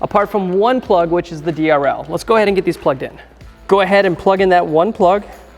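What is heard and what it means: Someone talks over background music while handling the vehicle wiring harness plug for the driver's side Morimoto XB triple projector LED headlight assembly on a 2020+ Chevy Silverado HD. The main plug is being brought to the new headlight to be pushed in, but nothing has seated or clicked yet in this clip.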